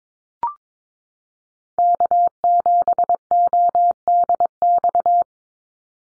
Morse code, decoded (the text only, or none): K7ODX